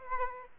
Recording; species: mosquito wingbeat signal from an infrared sensor; Aedes aegypti